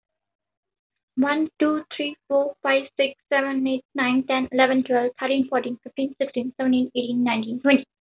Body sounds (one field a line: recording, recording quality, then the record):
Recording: counting at a fast pace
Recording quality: excellent, no background noise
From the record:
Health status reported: healthy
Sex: female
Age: 21 years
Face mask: not worn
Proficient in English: yes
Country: India